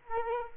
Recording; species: mosquito wingbeat signal from an infrared sensor; Culex quinquefasciatus